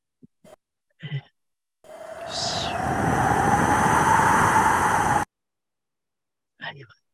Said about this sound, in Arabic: الوقت ليل هناك. بيتر أندرسون صياد زي أي صياد، طالع التلة وراجع بيته اللي بيطل على البحر، والهواء شديد جدا. سامع؟ سامع صوت الريح؟ سامعها؟